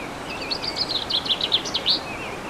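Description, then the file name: Bird giving a quick, rippling run of high twittering notes over steady background noise. Birdsong recorded on 15 March 2014 with an MZ-N710 recorder. "Chants d oiseaux 15 03 14"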